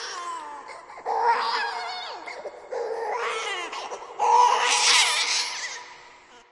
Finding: Angry baby cry.